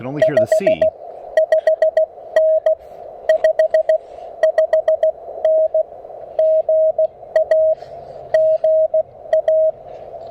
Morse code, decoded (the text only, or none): 55N 55N GA GA